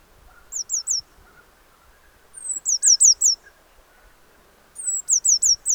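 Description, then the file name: Eurasian blue tit calls: three bursts of sharp, high, downslurred notes, later bursts led by a drawn-out sliding whistle, against a quiet background. "Cyanistes caeruleus"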